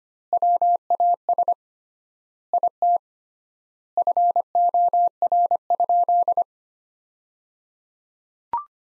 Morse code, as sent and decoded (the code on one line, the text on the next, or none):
.-- .- ... / .. - / ..-. --- .-. ..--..
WAS IT FOR?